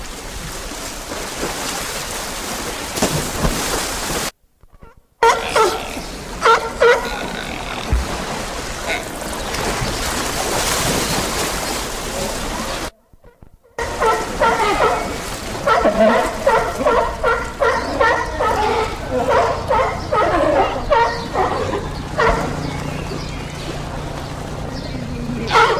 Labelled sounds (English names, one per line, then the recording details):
California Sea Lion call
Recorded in captivity
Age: adult
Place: Zoo Berlin, Berlin, DE
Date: 2007-06-07 15:30
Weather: slightly overcast, ca. 30°C
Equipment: Sony WM-D6C, Sennheiser ME 80
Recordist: Tembrock, Günter